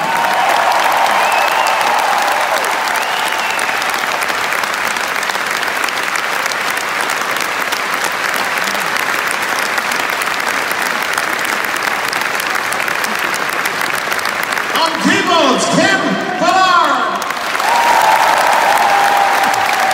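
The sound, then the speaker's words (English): A concert crowd in Lille applauds and roars steadily for the whole stretch as the band is introduced, a dense wash of clapping and cheering, with a brief shouted voice rising over the noise near the end. “You're gonna give them a big Lille roar.”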